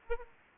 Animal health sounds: mosquito wingbeat signal from an infrared sensor; Aedes aegypti

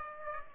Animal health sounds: mosquito wingbeat signal from an infrared sensor; Aedes aegypti

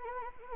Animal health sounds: mosquito wingbeat signal from an infrared sensor; Anopheles arabiensis

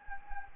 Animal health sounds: mosquito wingbeat signal from an infrared sensor; Anopheles gambiae

